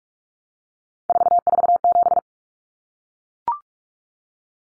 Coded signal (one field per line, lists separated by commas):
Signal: Morse code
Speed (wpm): 44 wpm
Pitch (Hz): 700 Hz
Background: none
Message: 447